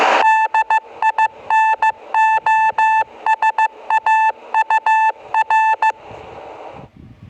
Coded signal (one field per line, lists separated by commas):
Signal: Morse code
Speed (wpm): 15 wpm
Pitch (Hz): 2650 Hz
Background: none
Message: DINOSAUR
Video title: morse code c to d